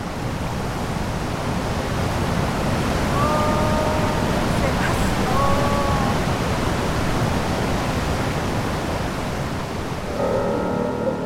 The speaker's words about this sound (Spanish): se puede observar la confluencia entre los ríos Báquer y Neff, un lugar impresionante en el que la potencia de los caudales quita el aliento.